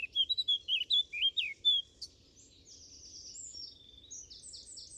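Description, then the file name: Eurasian blackcap singing a short chattering warble that breaks into a clear, high, fluty phrase of repeated notes. "Sylvia atricapilla"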